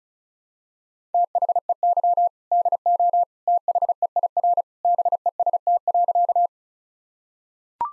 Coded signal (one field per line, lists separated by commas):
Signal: Morse code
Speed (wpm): 36 wpm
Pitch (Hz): 700 Hz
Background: none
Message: THEY DO THEIR BEST.